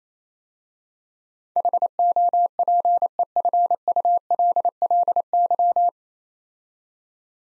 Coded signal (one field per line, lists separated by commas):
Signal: Morse code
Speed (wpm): 27 wpm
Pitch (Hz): 700 Hz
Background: none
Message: HOPEFULLY